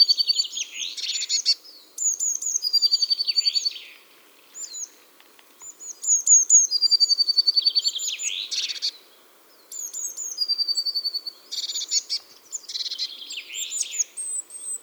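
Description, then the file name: Eurasian blue tit singing in bursts with pauses, each phrase high thin notes then a fast trilled run. "Cyanistes caeruleus"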